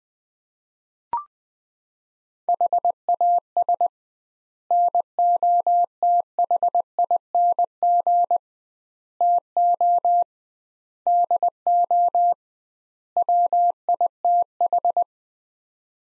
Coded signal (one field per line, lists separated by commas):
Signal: Morse code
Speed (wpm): 21 wpm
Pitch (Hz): 700 Hz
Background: none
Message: HAS NOTHING TO DO WITH